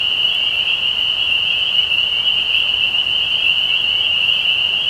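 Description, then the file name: Spring peeper chorus, many high piping peeps merging into one continuous shrill drone without pause, nothing else clearly heard. Several spring peepers recorded on 15 May 2020. "peepers-20200515"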